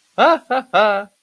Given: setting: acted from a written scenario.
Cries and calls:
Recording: vocal sound without words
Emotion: amusement

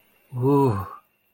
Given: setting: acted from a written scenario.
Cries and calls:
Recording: vocal sound without words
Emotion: awe

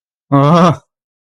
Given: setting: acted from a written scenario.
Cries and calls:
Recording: vocal sound without words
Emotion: fear

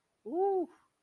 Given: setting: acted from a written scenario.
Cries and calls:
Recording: vocal sound without words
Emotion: pride

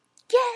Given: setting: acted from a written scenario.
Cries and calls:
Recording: vocal sound without words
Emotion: triumph

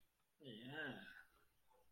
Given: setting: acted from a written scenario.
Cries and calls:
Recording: vocal sound without words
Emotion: disgust

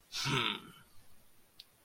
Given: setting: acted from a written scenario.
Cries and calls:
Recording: vocal sound without words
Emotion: pride

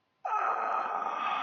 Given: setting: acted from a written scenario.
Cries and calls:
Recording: vocal sound without words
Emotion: pain

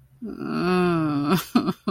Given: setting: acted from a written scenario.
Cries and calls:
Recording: vocal sound without words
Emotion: shame

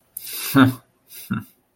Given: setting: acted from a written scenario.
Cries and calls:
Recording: vocal sound without words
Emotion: contempt

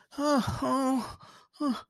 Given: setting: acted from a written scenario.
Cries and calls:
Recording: vocal sound without words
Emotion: distress

